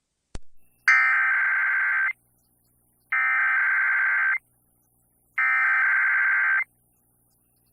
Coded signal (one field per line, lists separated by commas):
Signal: Emergency Alert System (SAME) tones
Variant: header bursts